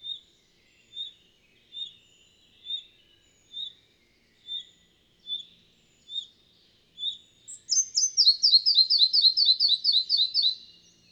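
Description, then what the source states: Red-breasted flycatcher singing: evenly spaced high notes roughly once a second lead into a fast series of repeated notes. Bavarian Forest, Germany, 31 May 2015.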